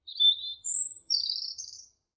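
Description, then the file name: Bird chirping in three quick high phrases: a thin buzzy twitter, a sharp piercing whistle, then a longer scratchy trill, with no other sounds. "Bird Tweet"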